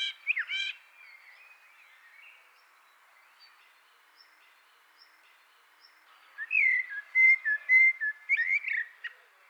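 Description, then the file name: Eurasian blackbird song: a brief fluted phrase at the start, then after a quiet gap a longer run of mellow whistles falling and rising, ending in a squeaky twitter. "Turdus merula"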